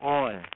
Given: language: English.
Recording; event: throat vibration sensor signal played as sound; speech